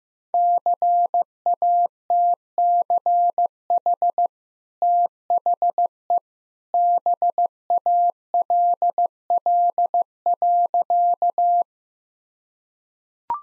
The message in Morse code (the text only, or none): CATCH THE BALL.